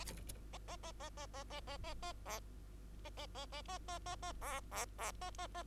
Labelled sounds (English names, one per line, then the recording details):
Bengalese Finch song
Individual Bird2